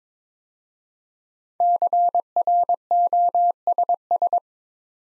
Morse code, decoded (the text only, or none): CROSS